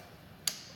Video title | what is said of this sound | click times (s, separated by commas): How to identify refrigerant 2000 Jeep Cherokee XJ | press it down on the low side make sure it clicks so it's locked on | 0.5 s